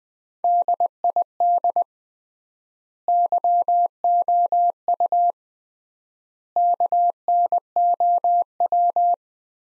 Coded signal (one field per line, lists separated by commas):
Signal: Morse code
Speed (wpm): 20 wpm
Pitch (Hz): 700 Hz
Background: none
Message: DID YOU KNOW